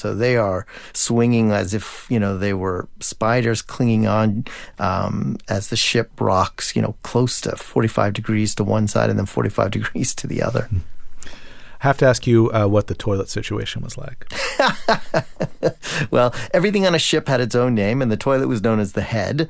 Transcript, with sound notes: So they are swinging as if, you know, they were spiders clinging on as the ship rocks, you know, close to 45 degrees to one side and then 45 degrees to the other.
Have to ask you what the toilet situation was like.
(Laughter) Well, everything on a ship had its own name, and the toilet was known as the head.